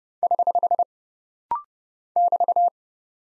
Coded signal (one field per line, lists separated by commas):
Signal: Morse code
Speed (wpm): 29 wpm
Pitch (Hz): 700 Hz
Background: none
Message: <HH> <BT>